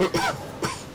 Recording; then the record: coughing mixed with background sound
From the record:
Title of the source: Dry Coughing Fit in the Afternoon.